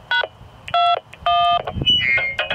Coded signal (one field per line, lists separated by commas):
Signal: DTMF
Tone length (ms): 230 ms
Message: #21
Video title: Cheap Ham Radio Handhelds Tested - Transmit & Receive